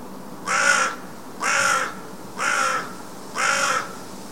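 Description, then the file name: Carrion crow uttering four loud, harsh caws evenly spaced about one second apart against quiet background hiss. "Corvus corone"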